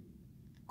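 The small side safety latch on a gold bracelet clasp is closed for extra security. After a low, quiet background, it gives a short, sharp click at 0.7 s and the latch is seated shut.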